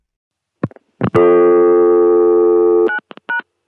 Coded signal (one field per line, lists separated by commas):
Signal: telephone call progress tone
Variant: North America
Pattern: dial tone